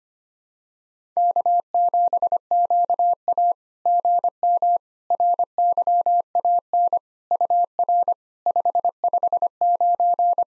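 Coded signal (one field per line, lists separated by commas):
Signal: Morse code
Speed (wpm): 24 wpm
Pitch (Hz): 700 Hz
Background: none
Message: K7QA GM RYAN UR 559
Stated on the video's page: Computer-generated SOTA QSO practice drill at 25 wpm; each exchange is sent in Morse, then spoken, then sent again.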